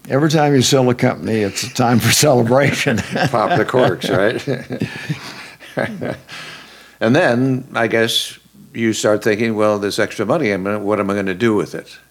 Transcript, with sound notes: Every time you sell a company, it's time for celebration. (Laughing)
Pop the corks, right? And, then, I guess, you start thinking, “Well, all this extra money and what am I gonna do with it?”